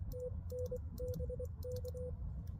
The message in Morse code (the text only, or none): TN BK